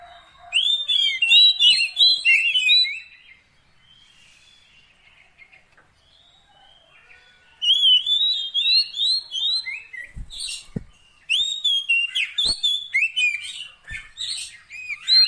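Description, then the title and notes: Oriental magpie-robin delivering rapid runs of varied whistles, then a pause and a second lively stretch with a few sharp clicks. Long-duration 'isian' fill-in song, meant to make the bird sing profusely day and night. "Kacer Jadi Gacor Siang Malam. Isian Kacer Durasi Panjang"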